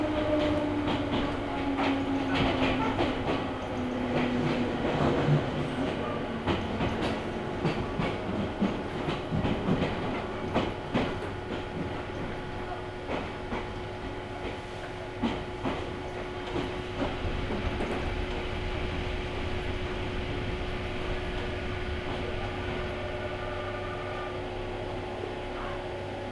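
A ride aboard the Ohmi Railway train, with a steady low rumble of the moving car filling all 26 seconds. Frequent irregular rattles and clacks punctuate the run, busiest in the first half, while a sustained mid-pitched whine and hum hold throughout.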